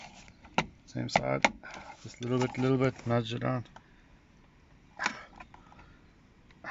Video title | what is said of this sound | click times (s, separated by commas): BMW e46 series sunroof E2 | out, and very carefully you hear it go click. | 0.6 s